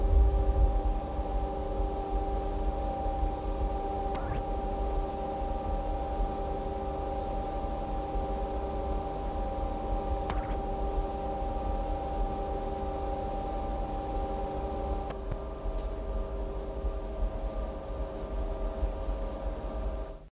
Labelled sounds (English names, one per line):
Green Twinspot call